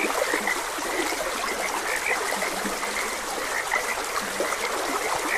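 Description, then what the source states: Frogs croaking rapidly in overlapping bursts, with occasional deeper croaks, while a stream trickles constantly underneath. Frogs croaking beside a gentle stream.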